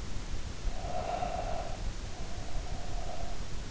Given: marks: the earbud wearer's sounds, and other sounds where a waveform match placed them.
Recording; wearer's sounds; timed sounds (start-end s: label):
sounds in sleep by an in-ear microphone; breath
0.50-3.53 s: breath